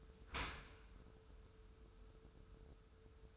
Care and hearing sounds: daily activity, microphone in the room; open dishwasher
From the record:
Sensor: 2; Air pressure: 1014.8 hPa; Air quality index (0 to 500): 25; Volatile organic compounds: 0 ppm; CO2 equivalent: 503 ppm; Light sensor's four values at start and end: 10/23/9/10 and 10/23/9/9

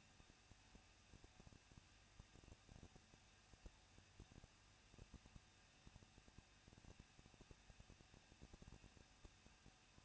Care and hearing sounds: daily activity, microphone in the room; no activity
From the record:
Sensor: 2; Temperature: 21.0 degrees Celsius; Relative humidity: 37.3%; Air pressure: 1006.4 hPa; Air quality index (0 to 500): 220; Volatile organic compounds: 23 ppm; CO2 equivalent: 2774 ppm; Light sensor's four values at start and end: 2/3/2/2 and 2/3/2/2

